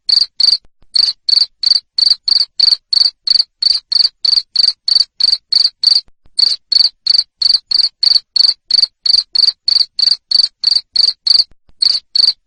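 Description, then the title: Cricket chirps, high and rasping, repeated evenly around three times a second, with a few brief pauses. Loud cricket chirping used to make lovebirds sing continuously. "Suara JANGKRIK NGERIK Keras Bikin LOVEBIRD Jadi NGEKEK Terus Vubey"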